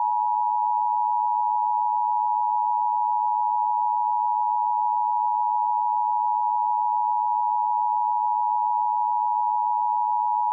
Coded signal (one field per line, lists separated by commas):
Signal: Emergency Alert System (SAME) tones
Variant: 853 and 960 Hz attention tone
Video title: Emergency Alert System Nuclear Bomb Warning